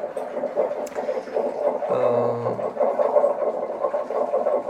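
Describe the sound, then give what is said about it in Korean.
An air conditioner draining water: a steady, droning mechanical whir throughout, with a brief deeper gurgling pulse about halfway through. No one speaks. “이 소리는 지금 에어컨에 물을 빼는 소리입니다.”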